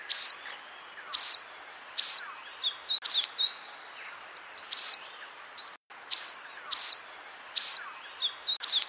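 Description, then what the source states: Bird calls: short, sharp, arched whistles repeated in a quick series, with thin, high tinkling notes between them over a quiet hiss. Recorded in Papua New Guinea.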